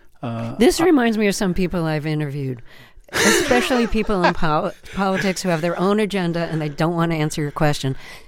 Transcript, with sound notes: This reminds me of some people I've interviewed.
(Laughter).
Especially people in politics who have their own agenda, and they don't want to answer your question.